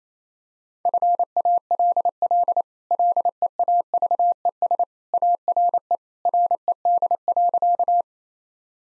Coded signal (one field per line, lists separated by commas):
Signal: Morse code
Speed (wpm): 28 wpm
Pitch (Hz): 700 Hz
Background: none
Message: FALL LEAVES ARE RED.